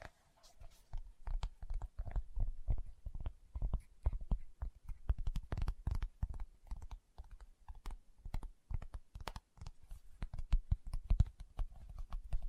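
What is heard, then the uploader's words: Fingertips tap rapidly and irregularly, producing a dense run of soft, dull knocks with a low thud and a faint crisp click on top. The pace stays busy throughout with brief clusters and small gaps, and a quiet low rumble sits underneath. ASMR Tapping with Fingertips (No Talking).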